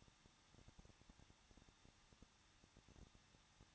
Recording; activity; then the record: daily activity, microphone in the room; no activity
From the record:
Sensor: 3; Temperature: 21.2 degrees Celsius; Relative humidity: 36.3%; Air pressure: 1006.5 hPa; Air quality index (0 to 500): 221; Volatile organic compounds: 39 ppm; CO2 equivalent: 3132 ppm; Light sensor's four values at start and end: 2/3/2/2 and 2/3/2/2